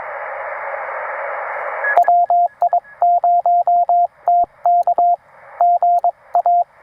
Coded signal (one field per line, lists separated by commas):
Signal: Morse code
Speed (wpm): 19 wpm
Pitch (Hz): 690 Hz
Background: radio noise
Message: WI0TK GA